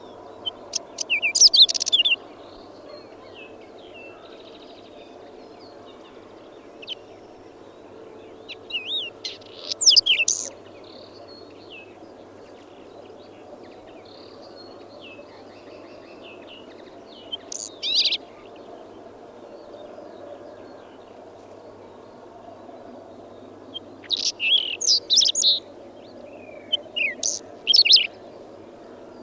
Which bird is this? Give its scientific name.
Saxicola rubetra